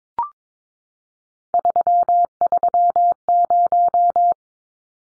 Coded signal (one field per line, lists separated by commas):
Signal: Morse code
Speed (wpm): 22 wpm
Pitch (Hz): 700 Hz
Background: none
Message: 330